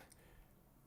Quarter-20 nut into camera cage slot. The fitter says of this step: so we use these standard quarter 20 nuts these will just snap right in just like that